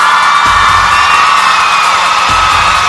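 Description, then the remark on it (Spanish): A loud crowd ovation fills the whole stretch: dense, steady cheering and whooping with a constant wash of noise, a couple of low thumps underneath, and no single voice standing out. “Y pues ya estamos de regreso y wow, una ovación por favor para el tema anterior.”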